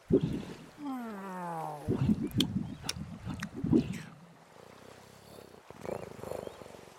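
A cat purrs in a low, rhythmic rumble, mixed with a gliding, drawn-out vocal tone and scattered clicks and knocks, followed by quieter rustling.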